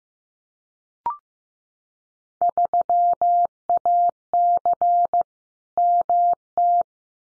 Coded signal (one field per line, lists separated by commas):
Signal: Morse code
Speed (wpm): 15 wpm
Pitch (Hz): 700 Hz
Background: none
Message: 3AC MT